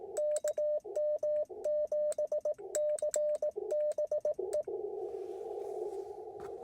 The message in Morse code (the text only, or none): KM7CBE